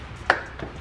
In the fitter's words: oh I heard a click